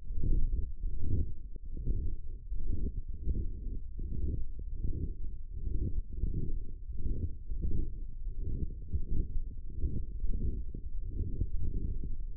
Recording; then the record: forearm muscle sounds (acoustic myography)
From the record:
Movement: forearm supination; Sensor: system 1, eight BSWA MPA416 microphones around the upper forearm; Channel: 3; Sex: male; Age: 23 years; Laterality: right